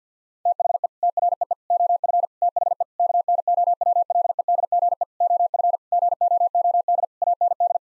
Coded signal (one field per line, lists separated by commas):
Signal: Morse code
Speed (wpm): 50 wpm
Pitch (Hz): 700 Hz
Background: none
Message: THE TREE OF THE KNOWLEDGE OF GOOD AND